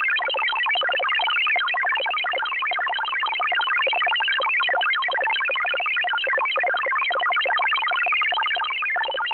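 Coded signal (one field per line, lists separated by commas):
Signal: multi-tone FSK (Olivia or MFSK type)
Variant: XPB 16-tone MFSK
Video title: Russian XPB MFSK number station at 13447 kHz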